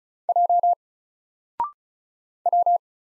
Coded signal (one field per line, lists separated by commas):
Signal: Morse code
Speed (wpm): 36 wpm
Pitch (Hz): 700 Hz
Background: none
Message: J W